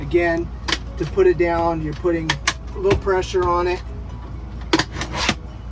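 Someone talks while pressing the bracket of a folding bamboo bed step and pushing the step down toward its stowed position in its mount in a camper van, with a few sharp knocks near 4.7 s and 5.0 s. The clip ends before the step locks in; nothing has seated yet.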